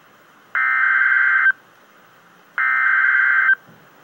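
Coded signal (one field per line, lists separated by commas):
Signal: Emergency Alert System (SAME) tones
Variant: header bursts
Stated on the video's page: Real severe thunderstorm warning.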